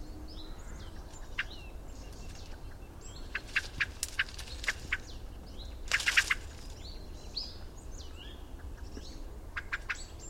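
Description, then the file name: Common blackbird calling with scattered hard, clicky chinks that bunch into a louder burst midway, while thin upslurred whistles sound throughout over low background rumble. "Turdus merula"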